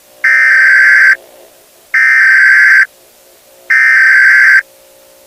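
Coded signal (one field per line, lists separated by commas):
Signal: Emergency Alert System (SAME) tones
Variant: header bursts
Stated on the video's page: Fictional EAS scenario, not a real alert.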